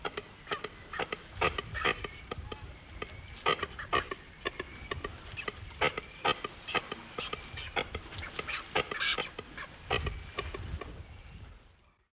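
European shag calls as a dense run of harsh clicking croaks, irregularly spaced, with low rumbling beneath, before the sound fades out at the end.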